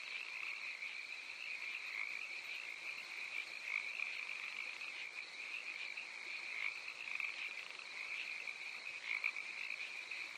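Crickets trilling together in a constant high-pitched drone, with a few slightly louder pulses standing out now and then.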